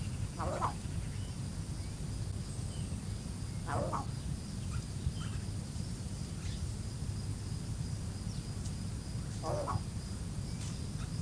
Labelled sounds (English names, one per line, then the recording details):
Yellow-faced Myna call
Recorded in captivity
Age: adult
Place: Zoo Halle, Sachsen-Anhalt, DE
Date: 2005-10-10 16:15
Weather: cloudy, 10-12°C
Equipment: Panasonic RQ-2102, Sennheiser ME 80, Kopie Uher 4000 Report Monitor
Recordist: Tembrock, Günter
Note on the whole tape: Zwei Exemplare: Kurzlaute